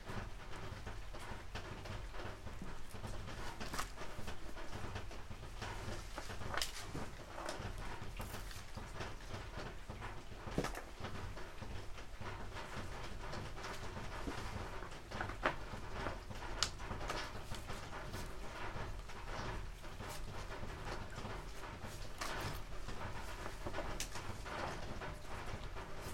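Harvested green onions are being prepared by peeling, trimming leaves and bundling. Frequent crisp snaps, rustles and crackles come irregularly throughout, with sharper snaps near 4, 7, 11 and 16–17 seconds, over a constant low rumbling hum.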